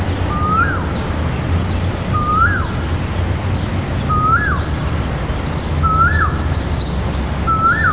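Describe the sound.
Koel call, a clear whistled note swooping sharply upward, given five times at roughly two-second intervals over a steady low rumbling background.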